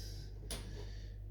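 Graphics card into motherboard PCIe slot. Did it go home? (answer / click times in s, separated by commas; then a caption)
yes / 0.5 s. A graphics card is pressed into a motherboard's PCIe slot, with a steady low hum in the background. A single sharp tick at 0.5 s marks the slot latch engaging as the card seats in place.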